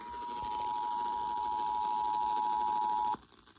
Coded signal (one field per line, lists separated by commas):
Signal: Emergency Alert System (SAME) tones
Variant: 853 and 960 Hz attention tone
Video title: EAS 779-780 - WFLS (Fredericksburg, VA) RMT